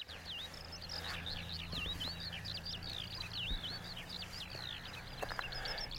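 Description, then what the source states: Eurasian skylark song: a continuous stream of rapid, high, twittering and warbling notes, with a low hum underneath. Heard by the roadside in the countryside.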